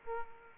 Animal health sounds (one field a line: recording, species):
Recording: mosquito wingbeat signal from an infrared sensor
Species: Aedes aegypti